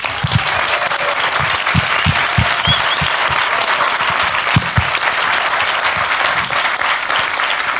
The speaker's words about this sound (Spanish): Así que sí que me gustaría, antes de presentar a mis compañeros, presentar a todo el público que está aquí en el Palacio de la Prensa, que habéis venido, sois unos cuantos. Muchísimas gracias por venir, un aplauso.